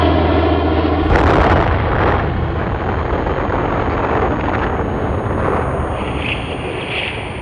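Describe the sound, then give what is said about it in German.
A steady low droning hum is cut off by a sudden atomic bomb explosion, the bomb dropped by an American aircraft on Hiroshima in August 1945, a massive blast that swells into a loud, continuous roaring rumble lasting several seconds. “Warf ein amerikanisches Flugzeug eine Bombe auf Hiroshima ab und machte die Stadt damit für den Feind unnutzbar.”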